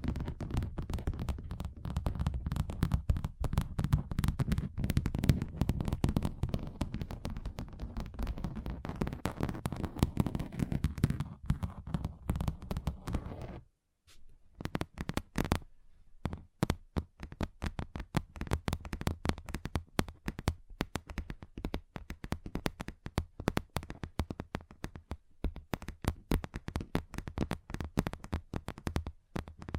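Rapid, dense tapping on a table, with fingers drumming fast and unevenly. For the first thirteen seconds the taps blur together over a low, full rumble. After a brief silence near fourteen seconds, sharper, drier taps continue, slightly sparser and brighter, until the end.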